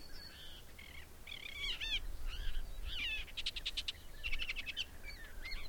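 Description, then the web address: Bird song in varied warbled phrases with rapid buzzy stuttering series. "madarak enek"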